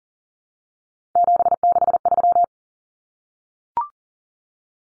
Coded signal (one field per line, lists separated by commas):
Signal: Morse code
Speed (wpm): 40 wpm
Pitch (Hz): 700 Hz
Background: none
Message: 763